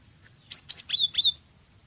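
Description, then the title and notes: Cinereous tit song: a faint short note, then a quick phrase of four sharp, high whistled notes. Training recording (masteran) for cage birds. "Gelatik Batu. burung gelatik"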